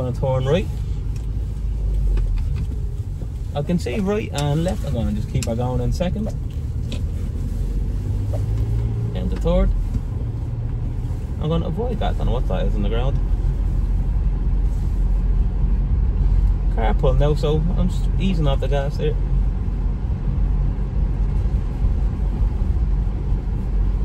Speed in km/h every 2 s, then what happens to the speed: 14, 12, 14, 16, 22, 32, 35, 35, 35, 36, 37, 38.
0-7 steady at about 14. 7-11 speeds up to 35. 11-24 steady at about 35.